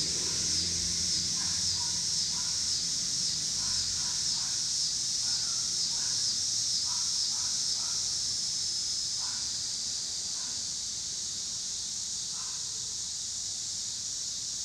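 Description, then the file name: Continuous high cicada drone while a crow caws repeatedly in short bursts, and cars rumble low in the background. Pittsburgh, Pennsylvania; 26 August 2023; recorded alongside car traffic. "cicadas and cars Pittsburgh PA"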